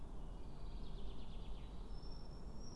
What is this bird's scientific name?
Fringilla coelebs